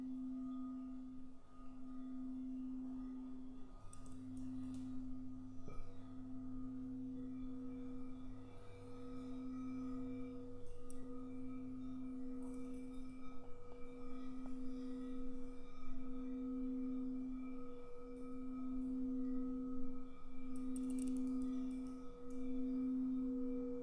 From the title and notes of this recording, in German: Lausche den zauberhaften Klängen der Kristallklangschalen. Zauberhafte Kristallklangschalen.